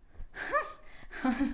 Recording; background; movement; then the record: laughter; quiet; sitting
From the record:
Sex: female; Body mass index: 22.6 kg/m2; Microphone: on the chest, facing outward